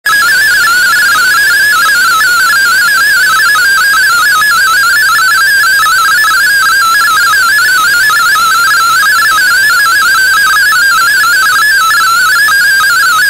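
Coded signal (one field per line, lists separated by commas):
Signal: multi-tone FSK (Olivia or MFSK type)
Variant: MFSK32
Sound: fast warbling single tone hopping rapidly between many close pitches, continuous, over hiss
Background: radio static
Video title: DigiDX digital MFSK32 broadcast on WRMI 15770Khz Shortwave Oct 9 2016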